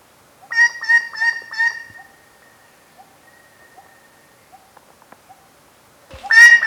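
White-bellied treepie giving four loud harsh notes in quick succession, then a few faint soft notes, ending with another loud harsh call.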